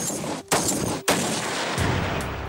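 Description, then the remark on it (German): Loud, sharp sniper rifle shots, fired by German army snipers of Panzergrenadierbataillon 122 from Oberviechtach preparing for a foreign deployment, crack out one after another, each bursting in after a brief hush and trailing into a long, rumbling roar of noise. “Wenn der Schuss fällt, ist es für das Ziel zu spät.”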